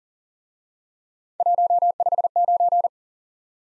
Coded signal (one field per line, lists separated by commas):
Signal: Morse code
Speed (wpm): 40 wpm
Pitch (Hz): 700 Hz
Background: none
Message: 159